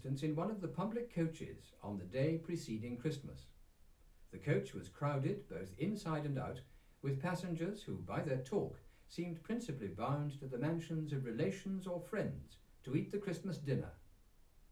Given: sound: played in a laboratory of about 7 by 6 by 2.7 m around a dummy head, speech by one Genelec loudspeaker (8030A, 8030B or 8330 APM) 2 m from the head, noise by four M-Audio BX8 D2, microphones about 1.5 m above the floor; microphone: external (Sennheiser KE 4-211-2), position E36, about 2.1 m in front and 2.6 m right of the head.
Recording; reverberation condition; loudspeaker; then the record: male speech in English; low; 120 degrees to the left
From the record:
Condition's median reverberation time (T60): about 310 ms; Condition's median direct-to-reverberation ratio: about 3.5 dB